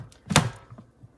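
A locking handle on a Hamilton Beach centrifugal juicer with a Big Mouth 3" feed chute is swung up over the lid and pressed one-handed until it latches onto the base. A faint tick at 0.1 s leads into a short scraping thud from 0.3 s and a sharp click at 0.4 s, followed by a few faint ticks. The handle is seated and locked in place.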